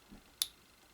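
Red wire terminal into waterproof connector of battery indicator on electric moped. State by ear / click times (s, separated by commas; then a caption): seated / 0.4 s. A red wire terminal from a battery level indicator on an electric moped is pushed into its waterproof connector housing. A faint low rustle comes first, then a single sharp, bright click at 0.4 s as the terminal seats home.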